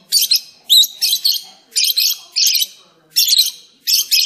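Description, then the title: Oriental magpie-robin song: loud, high bursts of one to three notes each, repeated every half second to a second with short gaps. "Kicau Kacer"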